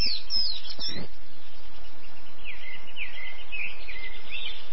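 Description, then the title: Bird twittering with sharp high chirps at the start, then a run of short rising and falling notes over constant low noise. "LuckyPassaro Completos2Sama"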